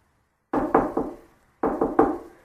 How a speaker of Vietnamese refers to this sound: Vệ sĩ gõ cửa.